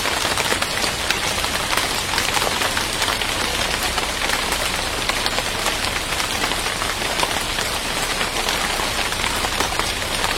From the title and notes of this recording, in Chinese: 棕叶下的雨。声音都是我亲自去田野里录的。